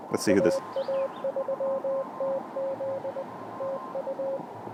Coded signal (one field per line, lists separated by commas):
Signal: Morse code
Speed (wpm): 20 wpm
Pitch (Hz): 540 Hz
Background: speech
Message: AA3TZ TU